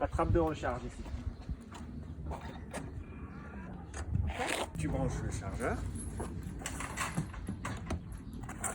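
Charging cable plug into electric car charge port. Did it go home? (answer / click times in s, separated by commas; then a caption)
yes / 7.7 s. A charging cable plug is pushed into the charge port of a Tesla electric car, and the port latch locks it in place with a sharp click at 7.7 s. Someone talks throughout, with a few other short knocks and clicks around it. The plug is seated and locked in the port.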